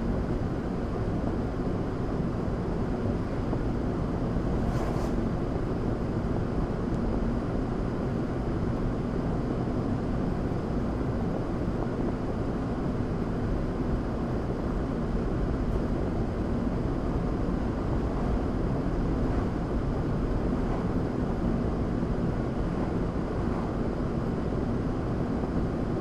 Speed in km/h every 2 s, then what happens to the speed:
76, 76, 76, 76, 77, 77, 77, 79, 81, 81, 79, 79, 77.
0-26 steady at about 77.